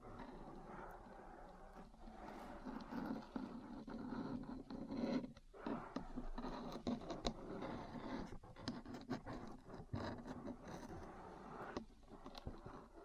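Metal parts tap and scratch in a busy, continuous stream of small clicks and knocks, with no steady rhythm. Grinding scrapes run beneath the taps, and a cluster of sharper hits lands around the middle before the handling settles into irregular clatter.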